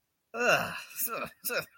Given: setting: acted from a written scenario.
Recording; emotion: vocal sound without words; contempt